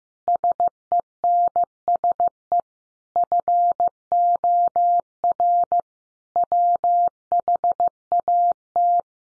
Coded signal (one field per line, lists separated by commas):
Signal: Morse code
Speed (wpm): 15 wpm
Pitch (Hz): 700 Hz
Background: none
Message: SENSE FOR WHAT